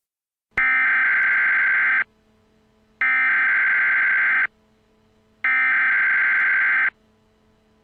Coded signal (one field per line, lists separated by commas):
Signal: Emergency Alert System (SAME) tones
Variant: header bursts